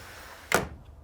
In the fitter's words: shallow side first and then just push it right in there and it should snap right into place